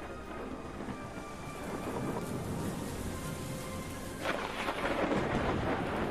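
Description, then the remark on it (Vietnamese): Thunder rumbles low and heavy through a steady wash of pouring rain in a thunderstorm at 1 a.m., swelling into a louder crack and roll near the end of the storm. No voices are heard. “Cả hai vợ chồng tôi kéo một cái túi màu đen lê đi giữa cơn giông tố.”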